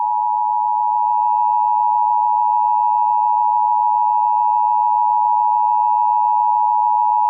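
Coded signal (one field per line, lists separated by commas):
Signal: Emergency Alert System (SAME) tones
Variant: 853 and 960 Hz attention tone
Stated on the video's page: Required Monthly Test for the San Francisco Bay Area.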